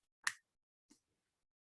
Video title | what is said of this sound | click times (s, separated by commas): Heine Delta 1 | really important thing when you put it back on is make sure you hear the snap | 0.3 s